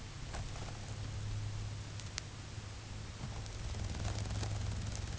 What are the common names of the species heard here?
none